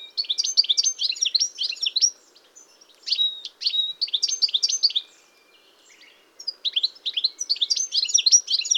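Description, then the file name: European goldfinch singing a fast, liquid twitter of chirps and trills, pausing briefly twice before resuming. "chardonneret elegant"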